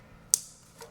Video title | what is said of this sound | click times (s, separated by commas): How to replace spark plugs on Toyota RAV4 | connect it listen for a click there that | 0.3 s